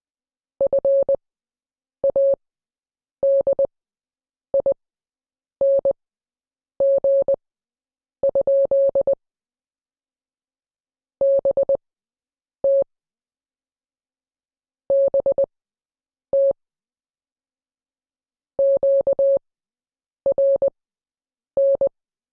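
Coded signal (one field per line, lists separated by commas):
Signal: Morse code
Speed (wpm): 20 wpm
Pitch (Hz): 550 Hz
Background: none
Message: FADING? BT BT QRN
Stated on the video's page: Morse code class lesson.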